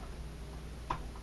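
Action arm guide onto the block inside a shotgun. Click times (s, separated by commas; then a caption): 0.9 s. An action arm guide inside a shotgun is lifted about an eighth of an inch and slid back over the block. A single sharp click snaps out at 0.9 s over a low, steady hum. The guide seats into place on the block.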